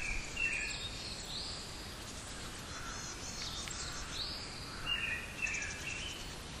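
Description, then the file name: Small birds singing, with short whistled notes sweeping up and down at high pitch, several overlapping, over a steady hiss of outdoor background noise. Small bird recorded 5 April 2009. "090405 kotori"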